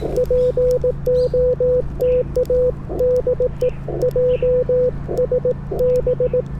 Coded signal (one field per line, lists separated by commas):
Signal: Morse code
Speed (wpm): 18 wpm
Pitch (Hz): 500 Hz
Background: radio noise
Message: POTA DE JS B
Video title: Japan POTA - IC-705 Back to its Birthplace (My Layover Was Tokyo)